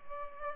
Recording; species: mosquito wingbeat signal from an infrared sensor; Culex pipiens